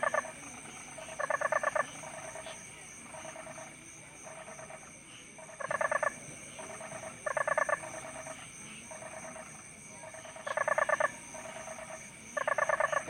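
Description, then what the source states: Toads calling in chorus, loud pulsed trills recurring every few seconds over quieter overlapping trills and a constant high-pitched hiss. Several toads.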